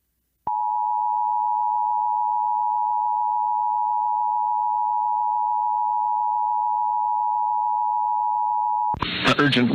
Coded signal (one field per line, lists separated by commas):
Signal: Emergency Alert System (SAME) tones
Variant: 853 and 960 Hz attention tone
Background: speech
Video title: EAS Mini Compilation Northeast Ohio and Northern Pennsylvania November Strom NOAA Weather Radio